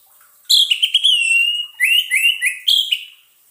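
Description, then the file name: Orange-headed thrush song: a long whistled phrase that drifts lower, then three shorter looping whistles and a final higher note. Lure sound played so the bird does not get stressed. "suara pancingan burung anis merah agar tidak stress"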